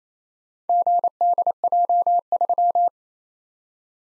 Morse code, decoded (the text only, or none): GDJ3